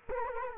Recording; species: mosquito wingbeat signal from an infrared sensor; Culex quinquefasciatus